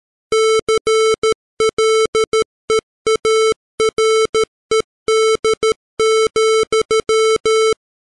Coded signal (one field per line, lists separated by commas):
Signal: Morse code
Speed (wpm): 13 wpm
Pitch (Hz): 440 Hz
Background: none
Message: CLEARED,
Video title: The Rime Of The Ancient Mariner, Part 2, Morse Code